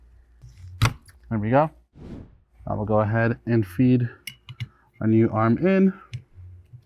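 Someone talks while feeding a new rear wiper blade onto the wiper arm of a 2005–2009 Land Rover LR3 / Discovery (4.4L V8 or 4.0 V6) and starting to pull it forward toward its plastic lock, with a few brief sharp handling taps around 0.8, 4.5 and 4.6 seconds. Nothing has seated or clicked yet; the blade is not yet locked onto the arm.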